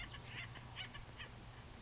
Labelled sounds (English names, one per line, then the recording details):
Acorn Woodpecker
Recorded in Sonoma County, California